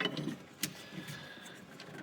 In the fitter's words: has the exact same two ears on it so it'll attach the same way you're just pressing it on clicks into place and that's that